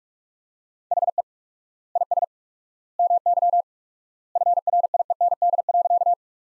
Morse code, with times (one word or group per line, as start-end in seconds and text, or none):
0.9-1.2 HE
2.0-2.2 IS
3.0-3.6 MY
4.4-6.1 FRIEND.